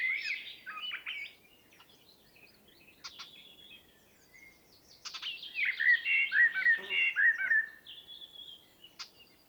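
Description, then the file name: Common blackbird song: short fluty warbled phrases near the start, then a longer, louder run of mellow whistles mixed with high squeaky twitters. "Turdus merula"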